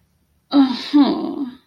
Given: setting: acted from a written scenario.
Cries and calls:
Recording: vocal sound without words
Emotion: embarrassment

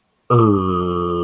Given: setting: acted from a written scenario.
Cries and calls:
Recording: vocal sound without words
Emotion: confusion

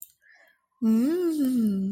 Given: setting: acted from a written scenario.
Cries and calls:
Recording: vocal sound without words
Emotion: interest

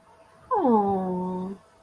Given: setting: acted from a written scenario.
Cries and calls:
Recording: vocal sound without words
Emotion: adoration

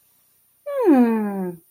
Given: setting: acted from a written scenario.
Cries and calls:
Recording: vocal sound without words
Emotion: adoration

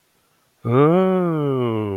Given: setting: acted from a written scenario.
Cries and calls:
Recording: vocal sound without words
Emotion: realization

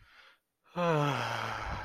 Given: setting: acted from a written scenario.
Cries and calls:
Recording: vocal sound without words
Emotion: serenity

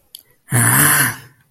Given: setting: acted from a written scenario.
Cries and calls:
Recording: vocal sound without words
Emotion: disappointment

